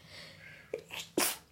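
A quiet lead-in breath is followed by a short intake and then one sharp, explosive burst with a hissing, airy release, a single ordinary sneeze from an adult woman. Some faint room noise sits underneath.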